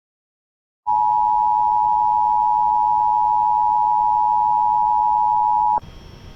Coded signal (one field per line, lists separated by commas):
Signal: Emergency Alert System (SAME) tones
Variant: 853 and 960 Hz attention tone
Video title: EAS Alerts From The Week Of 12/9/2020 (EAS#65-80)